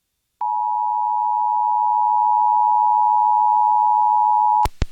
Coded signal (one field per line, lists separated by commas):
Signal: Emergency Alert System (SAME) tones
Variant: 853 and 960 Hz attention tone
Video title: [EAS #1983] South Carolina Required Monthly Test on WESC FM